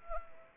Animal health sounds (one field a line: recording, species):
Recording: mosquito wingbeat signal from an infrared sensor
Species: Anopheles arabiensis